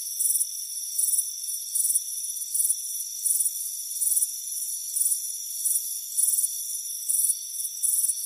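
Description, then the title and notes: Shrill cricket chirps in evenly spaced bursts, over a faint continuous high hum. Warm afternoon on a front porch. "Soothing Crickets Chirping Sound. warm afternoon front porch chirping crickets"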